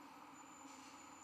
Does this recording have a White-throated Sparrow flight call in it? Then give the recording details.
no. No flight call is heard. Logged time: 01:59 on 12 November 2014